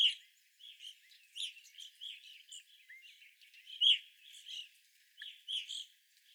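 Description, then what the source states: Evening grosbeaks giving chirps, several birds calling irregularly with brief gaps between bursts. Several evening grosbeaks, recorded 25 April 2021.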